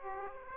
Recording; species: mosquito wingbeat signal from an infrared sensor; Aedes aegypti